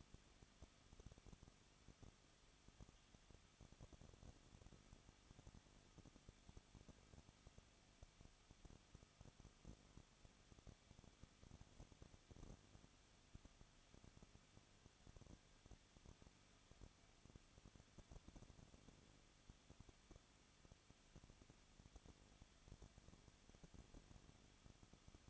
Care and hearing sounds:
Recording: daily activity, microphone in the room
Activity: no activity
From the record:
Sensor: 4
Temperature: 23.0 degrees Celsius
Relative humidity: 34.0%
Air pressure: 1007.3 hPa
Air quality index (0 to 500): 215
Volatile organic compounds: 15 ppm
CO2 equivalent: 2480 ppm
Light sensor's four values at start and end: 2/3/1/1 and 2/3/1/1

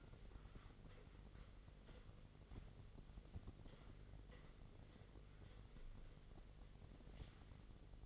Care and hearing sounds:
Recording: daily activity, microphone in the room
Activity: wipe stove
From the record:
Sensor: 4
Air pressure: 1004.1 hPa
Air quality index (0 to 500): 158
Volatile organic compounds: 2 ppm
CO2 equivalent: 1127 ppm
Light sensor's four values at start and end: 14/32/13/14 and 14/33/13/14

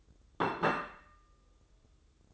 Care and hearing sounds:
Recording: daily activity, microphone in the room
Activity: place plate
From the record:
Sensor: 3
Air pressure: 995.2 hPa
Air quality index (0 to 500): 76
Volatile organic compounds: 5 ppm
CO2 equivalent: 1770 ppm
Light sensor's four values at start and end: 15/45/19/16 and 15/45/19/15

